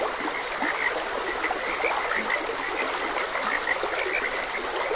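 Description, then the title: Frogs give quick croaks that blend into a steady chorus over the constant hiss of flowing stream water. Frogs croaking beside a gentle stream. "Gentle Stream and Frogs Croaking"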